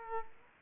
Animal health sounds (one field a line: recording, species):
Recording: mosquito wingbeat signal from an infrared sensor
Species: Aedes aegypti